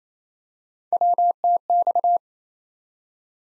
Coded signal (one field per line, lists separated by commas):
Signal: Morse code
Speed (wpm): 29 wpm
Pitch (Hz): 700 Hz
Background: none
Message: WTX